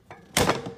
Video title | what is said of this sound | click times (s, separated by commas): MaxxHaul 46" x 36" x 4-1/2" - 150 lb. Capacity - NOT Assembled 70115 Steel Roof Rack | snap into place okay | 0.4 s